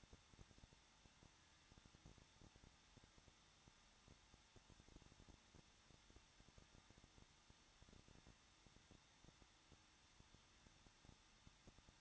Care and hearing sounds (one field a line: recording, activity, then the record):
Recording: daily activity, microphone in the room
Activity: no activity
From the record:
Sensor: 3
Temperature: 21.2 degrees Celsius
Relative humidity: 36.4%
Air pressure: 1006.4 hPa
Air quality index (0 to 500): 223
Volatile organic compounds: 43 ppm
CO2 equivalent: 3196 ppm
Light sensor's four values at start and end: 2/3/2/2 and 2/3/2/2